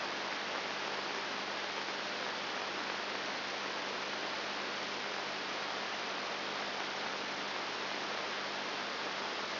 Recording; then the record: brain microelectrode recording played as sound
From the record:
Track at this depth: outside the subthalamic nucleus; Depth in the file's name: 0.109 mm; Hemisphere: left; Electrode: 3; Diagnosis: Parkinson's disease